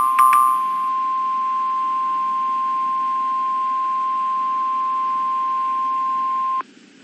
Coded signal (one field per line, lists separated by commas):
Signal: Emergency Alert System (SAME) tones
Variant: 1050 Hz attention tone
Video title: (EAS #14) Snow Squall Warning for Northern, North Central and Northwestern NJ & Southeastern PA